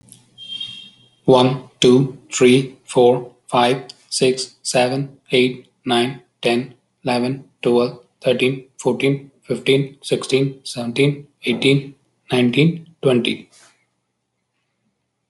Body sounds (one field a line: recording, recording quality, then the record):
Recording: counting at a normal pace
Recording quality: excellent, no background noise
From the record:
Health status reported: healthy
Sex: male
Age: 39 years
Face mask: not worn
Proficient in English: yes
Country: India